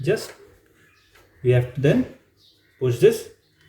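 A DDR4 RAM stick is being lined up and pushed down into slot 3 of a motherboard DIMM slot, chosen because the first RAM stick already sits in slot 1, while someone talks over the handling. The clip ends before the module goes home: nothing has seated yet, and the slot's retention clips have not clicked or locked.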